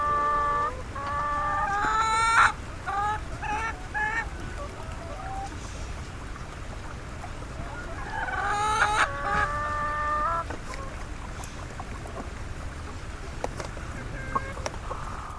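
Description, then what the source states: Chickens squawking and cackling in loud harsh bursts near the start and again around the middle, with softer clucks and scattered clicks between. Caged chickens in Nepal.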